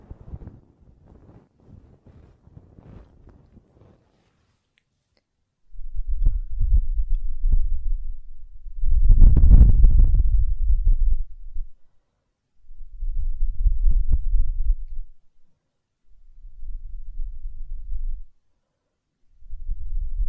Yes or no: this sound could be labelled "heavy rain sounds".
no